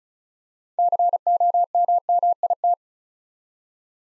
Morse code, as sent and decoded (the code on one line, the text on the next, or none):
-.-. --- -- -- .. -
COMMIT